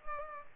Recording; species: mosquito wingbeat signal from an infrared sensor; Culex pipiens